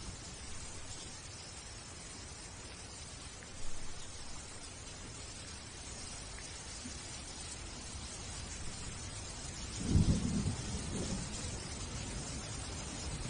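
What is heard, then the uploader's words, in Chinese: Steady rain falls in a courtyard, a dense, even hiss that holds for the whole clip. A brief low thump comes near four seconds, and a heavier low rumble swells around ten to eleven seconds, likely thunder, before the rain settles back. 庭院下雨。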